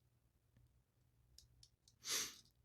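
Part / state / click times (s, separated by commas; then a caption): plastic missile onto toy missile platform / seated / 1.4 s, 1.6 s, 1.9 s. A plastic missile is pushed back onto the missile platform of an Amazon-exclusive Transformers War For Cybertron Botropolis Rescue Mission toy, giving small, sharp plastic clicks at 1.4, 1.6 and 1.9 seconds. A louder, breathy burst of noise follows at about 2.1 seconds. The missile snaps back on and is seated.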